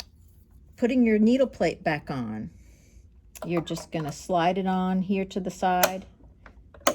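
Someone talks while a metal needle plate is slid on from the side onto the bed of a Bernina Series 4-7 sewing machine, with a few brief handling taps near the end at about 6.5, 6.8 and 6.9 seconds. The plate has not been pressed down yet, and nothing has snapped into place.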